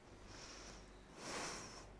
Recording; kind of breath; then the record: one breath in and out by a microphone near the nose and mouth; deep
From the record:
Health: marked as sick, illness not named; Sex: female